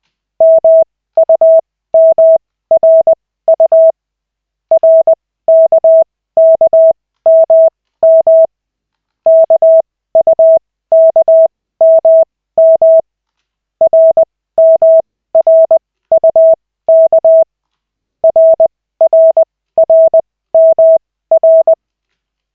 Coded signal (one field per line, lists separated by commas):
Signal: Morse code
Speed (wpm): 20 wpm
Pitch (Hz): 650 Hz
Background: none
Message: MUMRU RKKMM KUKMM RMRUK RRRMR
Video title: Koch 3/40, 15.12.2024, 1st CW practice session